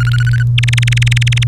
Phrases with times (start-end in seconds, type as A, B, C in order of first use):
0.00-0.43 A, 0.58-1.44 B